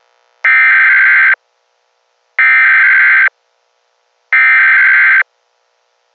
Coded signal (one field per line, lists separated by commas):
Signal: Emergency Alert System (SAME) tones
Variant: header bursts